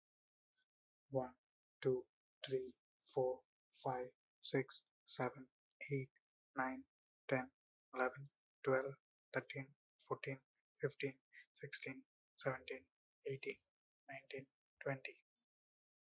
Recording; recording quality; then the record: counting at a normal pace; excellent, no background noise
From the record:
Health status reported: healthy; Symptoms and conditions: none ticked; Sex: male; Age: 30 years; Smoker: not ticked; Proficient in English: yes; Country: India